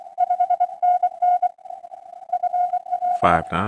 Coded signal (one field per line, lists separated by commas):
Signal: Morse code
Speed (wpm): 24 wpm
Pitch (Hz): 720 Hz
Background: speech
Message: 5NN FL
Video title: Sunday Morning Pota Hunt 4-12-2026